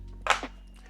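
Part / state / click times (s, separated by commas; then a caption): sliding camera guard on a rugged phone case / seated / 0.3 s. The sliding camera guard on a TONGATE rugged plastic phone case for the Samsung Galaxy S25 Ultra is pulled back over the camera and pushed until it locks. A sharp thunk at 0.3 s marks it seating, followed by a brief softer knock just after. The guard is locked and secured in place.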